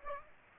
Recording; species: mosquito wingbeat signal from an infrared sensor; Aedes aegypti